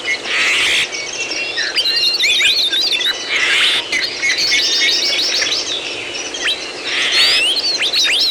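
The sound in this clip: Loud bird chorus of rapid chirps and warbled phrases, with hissing bursts recurring every few seconds under the song.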